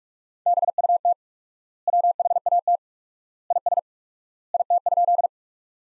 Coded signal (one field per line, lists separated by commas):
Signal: Morse code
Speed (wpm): 46 wpm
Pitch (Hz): 700 Hz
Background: none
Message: BUT WHAT IS IT?